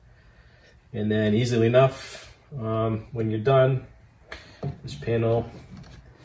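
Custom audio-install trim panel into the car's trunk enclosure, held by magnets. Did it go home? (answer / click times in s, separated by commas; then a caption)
no / none. A custom audio-install trim panel, covered in insulation material and held by neodymium magnets, is handled near the trunk enclosure of a 2019 Civic Type R while someone talks. Two brief knocks sound at about 4.3 and 4.6 seconds. The clip ends before the panel goes home, so nothing has seated yet.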